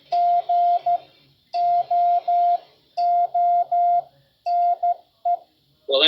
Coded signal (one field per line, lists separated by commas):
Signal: Morse code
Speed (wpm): 13 wpm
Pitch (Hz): 700 Hz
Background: none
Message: GOONE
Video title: CW on BBC Radio 4